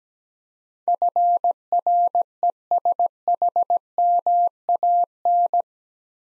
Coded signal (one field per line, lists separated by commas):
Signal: Morse code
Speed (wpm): 17 wpm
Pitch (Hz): 700 Hz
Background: none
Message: FRESHMAN